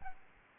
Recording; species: mosquito wingbeat signal from an infrared sensor; Aedes albopictus